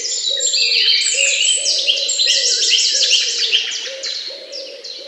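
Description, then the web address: Bird: a loud mix of birds sings rapid, sparkling trills and chirps over a repeated low sound. Morning bird songs. "utrennie pesni ptic"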